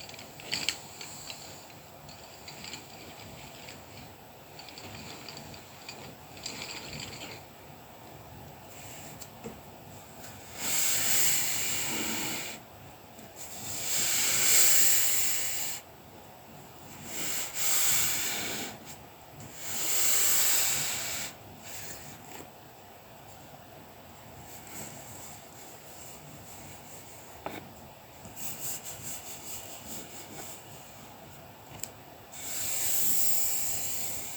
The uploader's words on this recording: Soothing sounds of colouring pencil work and paper massage.